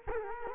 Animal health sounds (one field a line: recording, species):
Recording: mosquito wingbeat signal from an infrared sensor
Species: Culex quinquefasciatus